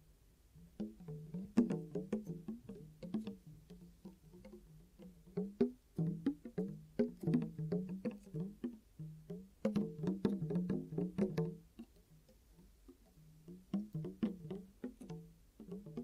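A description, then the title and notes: Muffled ear cupping: hollow rubbing and sharp little taps come in dense bursts, with brief quiet gaps near four and twelve seconds. ASMR 10 Ear Cupping Triggers for Deep Sleep & Relaxation (No Talking).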